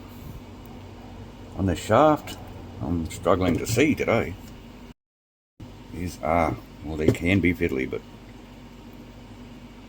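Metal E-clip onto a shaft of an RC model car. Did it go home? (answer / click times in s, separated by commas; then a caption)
no / none. A small metal E-clip is handled onto a shaft of a Tamiya Top Force RC model car kit while someone talks, noting the clips can be fiddly, over a quiet steady background hum with a brief silent gap. Nothing has seated or clicked yet.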